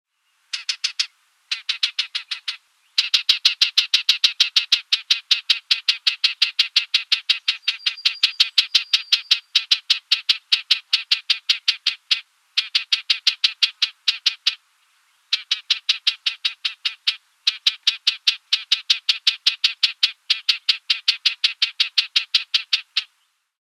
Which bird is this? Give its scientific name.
Sylvia nisoria